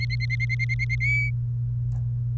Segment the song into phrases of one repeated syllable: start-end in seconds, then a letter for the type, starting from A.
0.00-0.95 A, 1.00-1.30 B